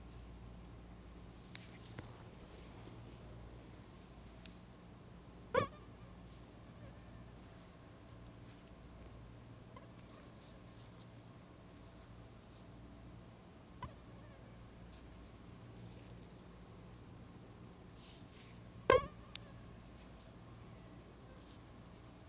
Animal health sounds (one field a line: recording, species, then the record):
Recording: mosquito flight sound by mobile phone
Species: Anopheles gambiae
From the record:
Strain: Kisumu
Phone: Google Nexus